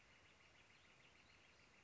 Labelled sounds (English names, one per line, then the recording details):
Northern Flicker
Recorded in Sonoma County, California